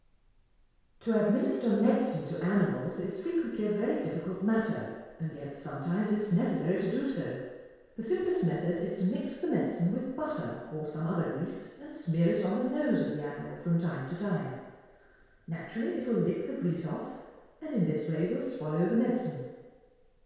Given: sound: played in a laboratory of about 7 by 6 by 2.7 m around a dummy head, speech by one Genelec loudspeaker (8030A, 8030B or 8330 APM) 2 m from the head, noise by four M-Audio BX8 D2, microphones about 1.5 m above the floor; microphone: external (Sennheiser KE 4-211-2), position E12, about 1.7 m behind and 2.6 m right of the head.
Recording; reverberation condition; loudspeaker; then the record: female speech in English; high; 120 degrees to the right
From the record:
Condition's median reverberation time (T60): about 1300 ms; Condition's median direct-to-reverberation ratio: about -4.0 dB